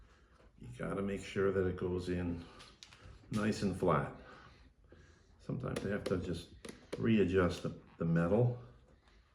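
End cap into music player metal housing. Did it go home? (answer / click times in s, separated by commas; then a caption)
no / none. Someone talks while the plastic end cap of an iPod Mini is being handled and fitted to its metal housing, which sometimes needs readjusting so the cap goes in flat. Only speech is heard, with no distinct handling sounds. Nothing has seated or clicked yet.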